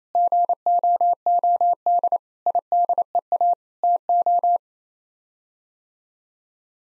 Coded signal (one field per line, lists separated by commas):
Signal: Morse code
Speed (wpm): 28 wpm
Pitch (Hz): 700 Hz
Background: none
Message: GOOD IDEA TO